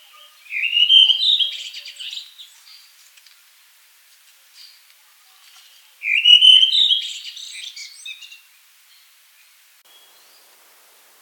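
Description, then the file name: Redwing singing two short phrases five seconds apart, each a quick rising whistled flourish trailing into a scratchy high twitter, with silence between. "drozd belobrovik"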